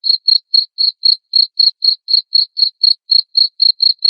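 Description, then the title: Cricket chirps, high and shrill, repeated about four times a second in an unbroken regular series with nothing else audible. Loud cricket chirping played to make lovebirds sing continuously. "Suara JANGKRIK NGERIK Keras Bikin LOVEBIRD Jadi NGEKEK Terus Vubey"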